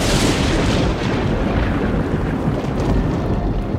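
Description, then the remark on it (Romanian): A loud, continuous deep rumble of storm thunder rolls on without a break, thick with low booming energy and a gusty, hissing wash above it. No voices are heard. “Aoleu, bunică, ce-i cu zgomotul ăsta? Vine furtuna, nu pare lucru de joacă.”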